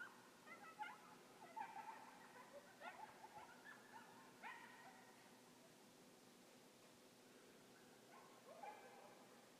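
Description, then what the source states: Red fox kits whining and yipping in scattered bursts, with thin, wavering squeals and a long pause before the last burst, over a faint constant hum. Kits, young animals.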